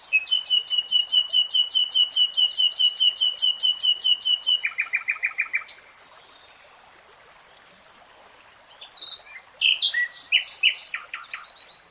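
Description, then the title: Nightingale song with a long rapid pulsed whistle, a lower buzzy run, silence, then varied sharp chirps and twittering notes. Nightingale singing, from a three-hour real-time recording. "[Tiếng chim hót] REALTIME Nightingale Singing"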